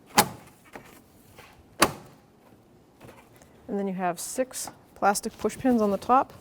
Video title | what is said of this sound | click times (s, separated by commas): How to Replace Headlights 2005-2021 Nissan Frontier | You're going to have to tilt the grille cover just to line right up, and then you're going to push it in until it clicks. | 0.2 s, 1.8 s